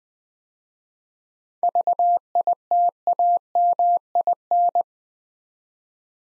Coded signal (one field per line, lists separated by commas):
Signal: Morse code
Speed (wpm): 20 wpm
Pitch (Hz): 700 Hz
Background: none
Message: VITAMIN